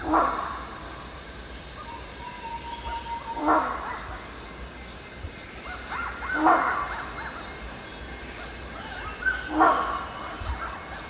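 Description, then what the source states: Rhinoceros hornbill giving loud, harsh honks, four of them spaced about three seconds apart, over steady forest insect hum and a brief whistled tone. Recorded at Danum on 1 January 2008.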